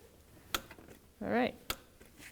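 A torque wrench tightens a second torque strut mount bolt to 30 ft-lb on a 2007-2012 Nissan Altima 2.5L I4. Faint ratcheting ticks come before a sharp click at 0.6 s, showing the wrench has reached its setting, and then someone talks. Another sharp transient follows at 1.7 s.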